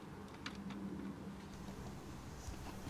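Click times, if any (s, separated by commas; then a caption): 0.5 s. A new single-DIN DAB car radio is pushed all the way into the metal mounting cage in the dashboard. A short, sharp click at 0.4 seconds marks it seating, followed by a softer knock at 0.7 seconds over a low background hum. The radio is seated in the cage.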